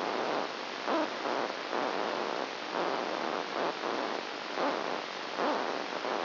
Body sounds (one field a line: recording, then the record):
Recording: brain microelectrode recording played as sound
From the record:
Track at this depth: outside the subthalamic nucleus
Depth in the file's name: 5.002 mm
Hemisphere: left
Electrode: 1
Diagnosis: Parkinson's disease